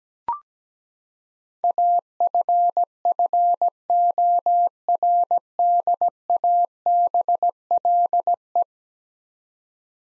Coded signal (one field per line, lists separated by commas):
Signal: Morse code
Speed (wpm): 17 wpm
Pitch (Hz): 700 Hz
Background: none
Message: AFFORDABLE